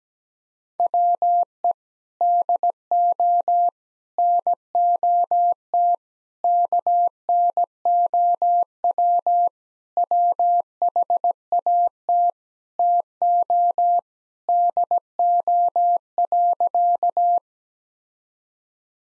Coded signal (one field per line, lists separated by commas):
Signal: Morse code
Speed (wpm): 17 wpm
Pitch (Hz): 700 Hz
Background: none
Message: WE DO NOT KNOW WHAT TO DO.